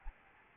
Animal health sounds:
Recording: mosquito wingbeat signal from an infrared sensor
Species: Aedes albopictus

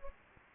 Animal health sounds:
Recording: mosquito wingbeat signal from an infrared sensor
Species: Anopheles gambiae

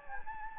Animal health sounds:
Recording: mosquito wingbeat signal from an infrared sensor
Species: Anopheles gambiae

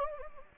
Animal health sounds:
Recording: mosquito wingbeat signal from an infrared sensor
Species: Anopheles gambiae

